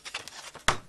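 A wooden piece of a webcam bird feeder is handled and tapped toward a friction fit, with no glue, in the feeder's wooden frame. Soft rustling is followed by sharp, woody knocks like hammering at about 0.7 s and 0.9 s. The clip ends with nothing seated yet.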